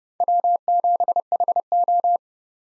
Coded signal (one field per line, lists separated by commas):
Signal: Morse code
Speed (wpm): 30 wpm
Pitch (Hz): 700 Hz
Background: none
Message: W7HO